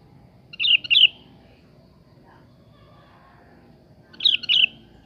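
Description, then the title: Sooty-headed bulbul song: two short, bubbly, liquid phrases of quick notes about three seconds apart, with quiet background in between. "Kutilang"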